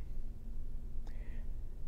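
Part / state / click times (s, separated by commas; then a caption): crimp tool crimping a cable anchor onto a fiber optic cable jacket / torque reached / 1.1 s. A fiber-optic crimp tool's handles are squeezed to crimp a metal cable anchor onto a fiber-optic cable jacket over a low, steady background hum. At 1.1 s the tool's ratchet releases with a short, sharp click, followed by a brief faint ring, marking the full crimp.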